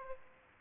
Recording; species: mosquito wingbeat signal from an infrared sensor; Aedes aegypti